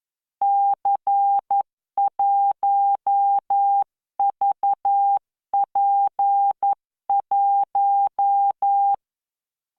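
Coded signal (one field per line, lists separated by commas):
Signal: Morse code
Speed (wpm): 11 wpm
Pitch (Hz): 800 Hz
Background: none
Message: C1VP1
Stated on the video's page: Morse practice generated by the LearningMorse V.0.74 training software at 11 WPM with standard spacing.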